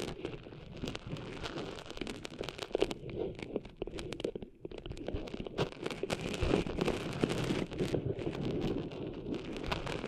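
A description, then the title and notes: Sand is being cleaned out of an ear, giving a dense, continuous run of scratchy crackles and rustles with a low rumbling undertone. The crackling is fast and irregular, thins briefly around the middle, then returns just as busy. ASMR Cleaning Sand Out of Your Ears (No Talking).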